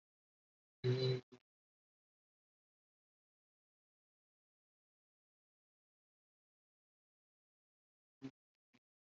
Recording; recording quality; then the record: sustained vowel as in beet; moderate, slight background noise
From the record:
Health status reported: COVID-19 positive, moderate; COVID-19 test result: positive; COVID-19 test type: RT-PCR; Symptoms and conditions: cough, sore throat, fever, fatigue, muscle pain, loss of smell and taste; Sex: male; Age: 25 years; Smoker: no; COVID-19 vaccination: both doses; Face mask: worn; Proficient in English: no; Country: India